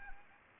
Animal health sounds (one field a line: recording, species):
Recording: mosquito wingbeat signal from an infrared sensor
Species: Anopheles arabiensis